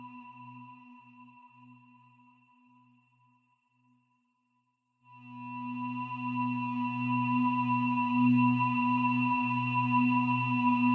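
A singing bowl rings with steady tones, a low hum and a bright high ring, fading gradually over the first four seconds into near silence. Around five seconds it is struck or rubbed again, swelling louder with a wavering, beating shimmer that sustains to the end.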